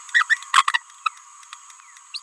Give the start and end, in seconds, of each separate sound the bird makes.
0.30-0.37, 0.54-0.65, 0.68-0.73, 1.06-1.08, 2.14-2.20